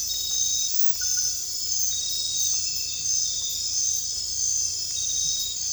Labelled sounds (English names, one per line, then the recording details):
none
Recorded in dense forest near Puerto Asís, Putumayo, Colombia, on 21 December 2024 at 21:00
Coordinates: 0.484, -76.317
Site G026